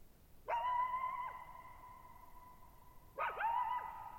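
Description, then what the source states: Coyote giving two short bursts of yips, each ringing on in a long, slowly fading echo over a very quiet background. Lone coyote at night, July 14, 2019, near Thirtymile Meadows, Okanogan National Forest, Okanogan High Country, 6400 ft (1950 m); shallow bowl-shaped meadow, boggy ground.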